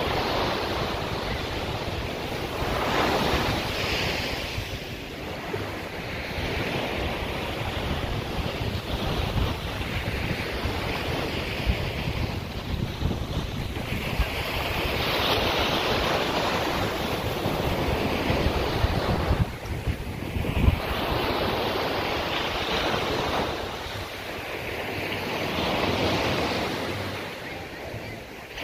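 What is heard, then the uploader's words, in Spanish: Pacific sea surf rolls in continuous washing swells, swelling every few seconds around 3, 15 and 26 seconds, with steady wind rumble beneath. Sonido del mar desde el pacifico de Honduras.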